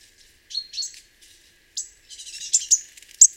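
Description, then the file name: Great tit calling with scattered high chips and short whistled notes, building into a denser run of buzzy, scratchy notes near the end. "Parus major"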